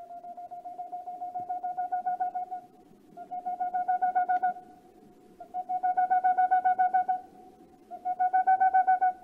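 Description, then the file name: Boreal owl hooting in nearly continuous fast series, four runs of rhythmic hollow notes over a constant low rumbling background. "Rauhfusskauz"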